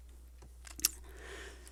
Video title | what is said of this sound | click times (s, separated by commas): Optimus Maximus series: Optimus Prime with SND upgrade | this head, snaps into place. | 0.9 s